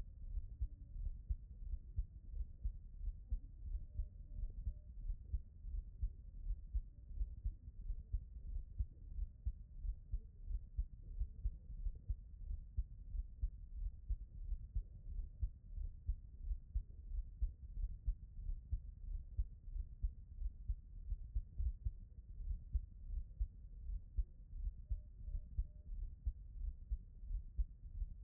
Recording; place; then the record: heart sounds by stethoscope; mitral valve (MV)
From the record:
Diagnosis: non-HFrEF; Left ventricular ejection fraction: 42%